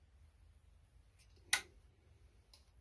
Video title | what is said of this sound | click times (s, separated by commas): McCulloch 1010 carburetor adjustment modification | let me just get it close pops right in there look at that | 1.5 s